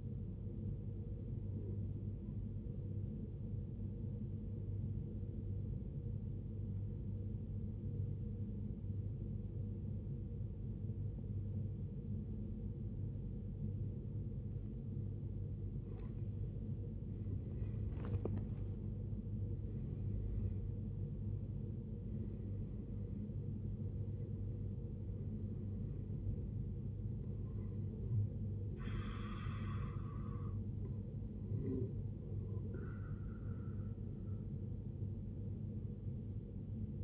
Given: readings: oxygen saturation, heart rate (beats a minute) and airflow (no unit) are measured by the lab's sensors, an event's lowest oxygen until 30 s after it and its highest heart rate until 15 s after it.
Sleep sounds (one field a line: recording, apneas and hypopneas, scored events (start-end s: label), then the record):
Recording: breathing in sleep by a smartphone at the bedside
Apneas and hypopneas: 1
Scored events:
7.00-18.50 s: obstructive apnea (N1, oxygen 93% highest, then 83% lowest, heart rate 64 at the start, 77 highest)
From the record:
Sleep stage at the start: N1 (lightest sleep)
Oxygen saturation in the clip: 83 to 93%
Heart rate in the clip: 57 to 77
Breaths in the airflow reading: 6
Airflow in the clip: -13.8 to 15.8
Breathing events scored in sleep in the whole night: 389 in 6.3 hours asleep